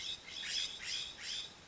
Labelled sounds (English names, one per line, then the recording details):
California Scrub-Jay
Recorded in Sonoma County, California